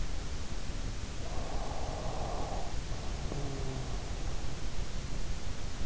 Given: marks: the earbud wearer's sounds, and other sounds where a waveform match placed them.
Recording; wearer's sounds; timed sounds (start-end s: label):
sounds in sleep by an in-ear microphone; snoring breath
1.14-4.41 s: snoring breath